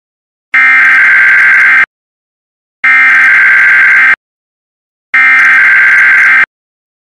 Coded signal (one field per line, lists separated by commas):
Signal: Emergency Alert System (SAME) tones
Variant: header bursts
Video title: Microsoft Windows NT Workstation 4.0 EAS Test